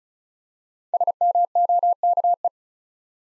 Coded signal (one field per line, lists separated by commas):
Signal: Morse code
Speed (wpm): 36 wpm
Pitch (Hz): 700 Hz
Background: none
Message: SMOKE